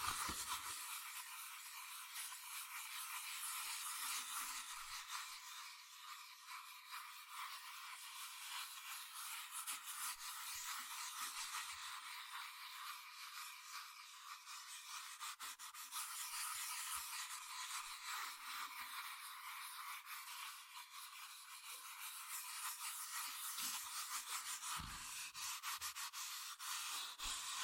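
Fast scratching and tracing on cardboard and paper, a dense, steady bright rasp with nearly no low end, and occasional soft taps.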